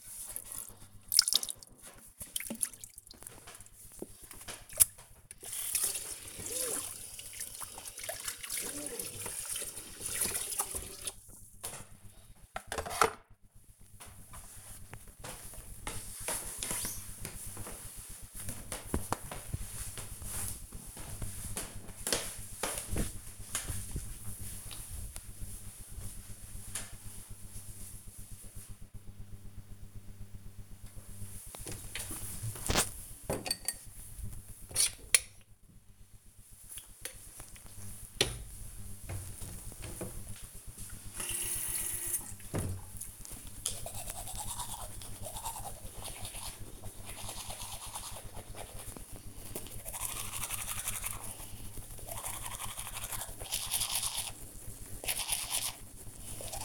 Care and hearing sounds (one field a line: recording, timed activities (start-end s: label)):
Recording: household activities, microphone on the right wrist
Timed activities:
0.00-13.44 s: washing dishes
30.54-56.64 s: brushing teeth